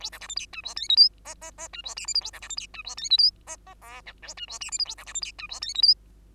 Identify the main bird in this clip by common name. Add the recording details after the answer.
Bengalese Finch. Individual Bird2